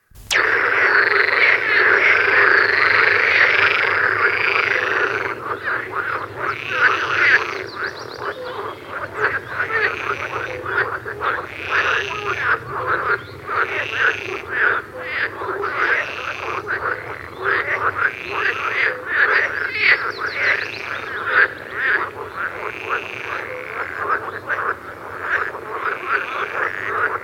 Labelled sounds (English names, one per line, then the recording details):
Marsh Frog
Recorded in the wild
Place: Schönfeld, Brandenburg, DE
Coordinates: 53.396, 14.006
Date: 1993-05-17
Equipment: Nagra III BH, Sennheiser MD 21, parabola
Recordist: Schubert, Michael